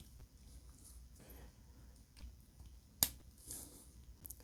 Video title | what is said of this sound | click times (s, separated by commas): AB Updates! Slug, Scorponok, Rhinox, and Soundwave | snapped into place | 3.0 s